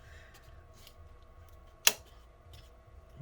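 A hand presses the bottom edge of the plastic LCD bezel on an HP Laptop 15t-dy100 so its bottom clips snap into the laptop screen lid. Over a low, steady background, one sharp, bright click is heard at 1.9 s, with a couple of much fainter ticks around it. The bottom clips are seated.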